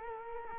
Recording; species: mosquito wingbeat signal from an infrared sensor; Culex quinquefasciatus